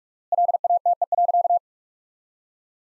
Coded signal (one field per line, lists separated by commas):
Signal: Morse code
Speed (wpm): 41 wpm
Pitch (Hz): 700 Hz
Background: none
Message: LATE.